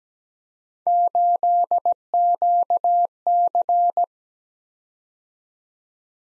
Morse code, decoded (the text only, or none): 8QC